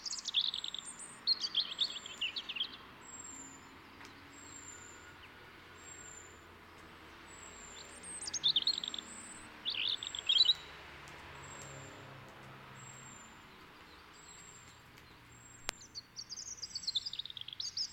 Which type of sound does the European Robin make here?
song